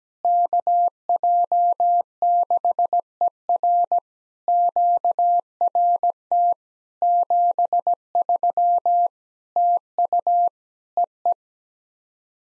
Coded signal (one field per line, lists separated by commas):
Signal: Morse code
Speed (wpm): 17 wpm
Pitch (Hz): 700 Hz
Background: none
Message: KJ6ER QRT 73 TU EE